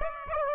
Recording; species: mosquito wingbeat signal from an infrared sensor; Aedes aegypti